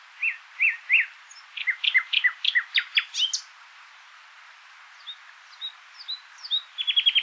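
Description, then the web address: Common nightingale singing slurred whistled notes, then a fast run of sharp descending chips, faint high whistles, and a closing rapid trill of repeated notes. "SETE Luscinia megarhynchos"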